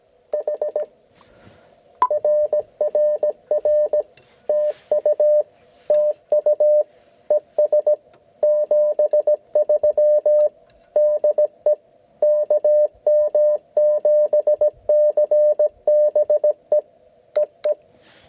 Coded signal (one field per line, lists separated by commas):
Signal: Morse code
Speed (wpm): 16 wpm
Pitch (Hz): 590 Hz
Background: none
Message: H RRR TU TU ES 73 DE KM7CBE EE